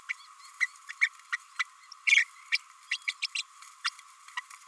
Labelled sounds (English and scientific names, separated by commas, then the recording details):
Green-rumped Parrotlet (Forpus passerinus) babbling
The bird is a female
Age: 27 days
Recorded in a nest box in Venezuela
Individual 17B32A5